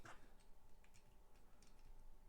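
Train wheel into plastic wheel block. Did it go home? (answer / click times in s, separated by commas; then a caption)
no / none. A train wheel from a 1966 LEGO set 153 Large Train Flat Wagon is pushed into a plastic wheel block. There is a brief handling knock at about 0.1 s, followed by faint light ticks and scraping. Nothing has seated or clicked yet.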